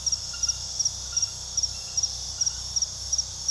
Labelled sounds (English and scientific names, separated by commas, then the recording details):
none
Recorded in pastures near Puerto Asís, Putumayo, Colombia, on 21 February 2024 at 00:30
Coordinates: 0.486, -76.323
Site G6462